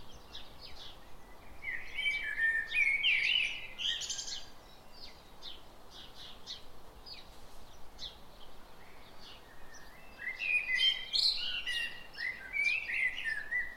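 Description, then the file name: Common blackbird song, low warbled fluting phrases near two to three seconds and again after ten seconds, amid busy high chirping. "Turdus merula"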